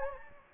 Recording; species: mosquito wingbeat signal from an infrared sensor; Anopheles gambiae